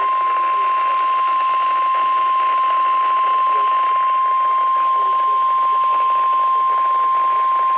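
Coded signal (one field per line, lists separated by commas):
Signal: Emergency Alert System (SAME) tones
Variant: 1050 Hz attention tone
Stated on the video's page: NOAA Weather Radio Required Weekly Test from National Weather Service Los Angeles/Oxnard, received on Motorola T260 walkie-talkies.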